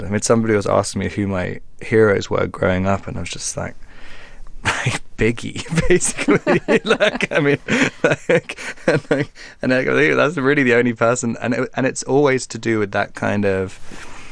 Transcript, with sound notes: I mean, somebody was asking me who my heroes were growing up, and I was just like, Biggie, basically (laughter). Like, I mean, like, that's really the only person. And it's always to do with that kind of...